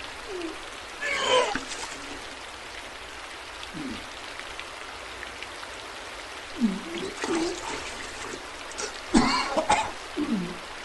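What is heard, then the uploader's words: Puking sounds: short, forceful retching bursts with gasping, gurgling throat noises arrive around one, four, seven, and nine to ten seconds. Between them a steady, soft hiss fills the background, with a faint low hum underneath. This is literally puking sounds for an hour with a backdrop.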